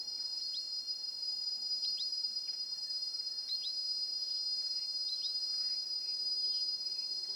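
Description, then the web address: Insects keep up a steady, very high-pitched whine, with frequent quick downward-sliding chirps scattered through it; no other clear sounds. Quiet mountain forest in Ethiopia; very high-pitched insects and flying insects. "Sonniss com - GDC 2019-Game Audio Bundle Charlie Atanasyan - Ethiopia ETH Forest in mountain quiet insects very high and flyers"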